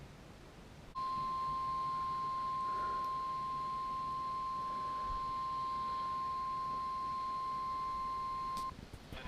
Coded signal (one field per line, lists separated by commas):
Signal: Emergency Alert System (SAME) tones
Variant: 1050 Hz attention tone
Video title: SEVERE WEATHER IN NORTH CAROLINA | EAS Timeline (EAS ALERTS 82-93)